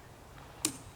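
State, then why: Seated. During reassembly of a 1911 pistol slide, the recoil spring plug is held down while the barrel bushing is turned slowly over it. A single sharp, bright click sounds at 0.7 s as the bushing snaps home over the plug, which pops back into its half-moon curve, fully seated.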